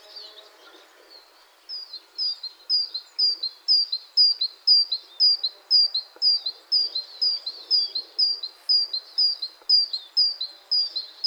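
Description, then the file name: Great tit: a bright, high two-note phrase repeated rapidly, about twice a second, starting after a quiet opening and continuing steadily to the end. "Parus major"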